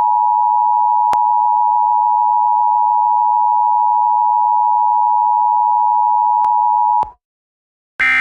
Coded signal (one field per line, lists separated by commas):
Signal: Emergency Alert System (SAME) tones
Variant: 853 and 960 Hz attention tone